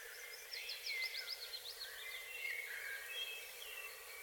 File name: Fauvette orphee